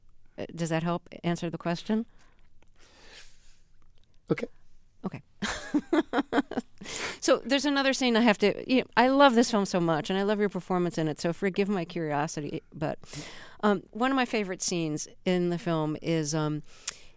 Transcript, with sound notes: Does that help answer the question?
OK.
OK.
(LAUGHTER)
So there's another scene I have to - you know, I love this film so much, and I love your performance in it. So forgive my curiosity, but one of my favorite scenes in the film is